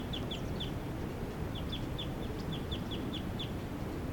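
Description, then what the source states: Crossbill calls: a series of soft, short, high downslurred notes, a quick group of three then a steady run of single notes, over a steady low rumble. Bird number 388, captured, with a right-crossing bill, calling very softly; at Sage Hen on May 3rd.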